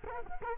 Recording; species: mosquito wingbeat signal from an infrared sensor; Culex quinquefasciatus